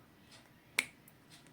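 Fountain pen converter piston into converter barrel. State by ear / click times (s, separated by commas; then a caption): seated / 0.8 s. The piston of a Jinhao 992 fountain pen converter, fitted halfway into its knob, is pushed gently into the plastic converter barrel. It gives one sharp, bright snap at 0.8 s, followed by faint light ticks near 1.1 s and 1.5 s over quiet background. The piston clicks home and is seated in the barrel.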